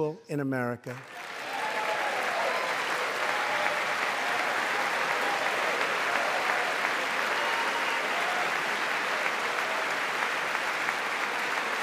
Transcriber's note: applause